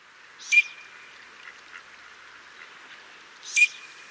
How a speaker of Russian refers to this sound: Послушайте, например, какие звуки издает самец черка-свистунка.